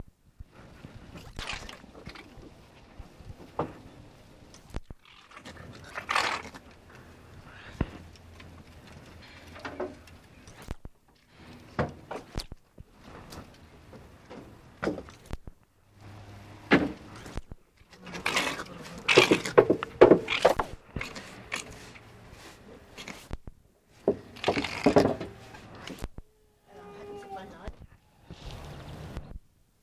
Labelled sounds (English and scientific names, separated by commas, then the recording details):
Corsac Fox (Vulpes corsac)
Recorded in captivity
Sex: pair
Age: adult
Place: Tierpark Berlin, Berlin, DE
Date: 1966-11-13
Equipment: Uher 4200 Report Monitor, Sennheiser MD 421, Transistorverstärker 2
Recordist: Tembrock, Günter